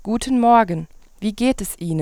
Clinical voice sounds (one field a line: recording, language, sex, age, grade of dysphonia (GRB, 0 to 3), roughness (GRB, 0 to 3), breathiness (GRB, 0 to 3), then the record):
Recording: spoken sentence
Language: German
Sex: female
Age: 20 to 29 years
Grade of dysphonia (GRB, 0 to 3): 0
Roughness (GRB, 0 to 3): 0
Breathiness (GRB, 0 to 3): 0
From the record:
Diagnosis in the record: healthy voice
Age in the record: 20 years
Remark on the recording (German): Beim Satz wurde die letzte Silbe abgeschnitten.